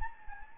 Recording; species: mosquito wingbeat signal from an infrared sensor; Anopheles gambiae